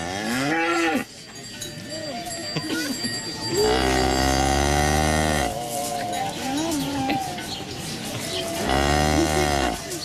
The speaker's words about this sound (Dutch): Nou, overduidelijk een koe die we hier horen.